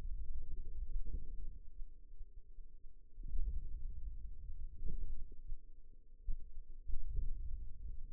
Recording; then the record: forearm muscle sounds (acoustic myography)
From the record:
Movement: hand opening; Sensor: system 2, bracelet of six BSWA MPA416 microphones around the upper forearm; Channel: 3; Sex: female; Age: 21 years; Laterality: right